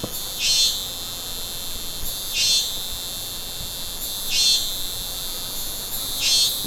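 Cricket chorus as a continuous shrill drone, with louder rasping bursts recurring about every two seconds.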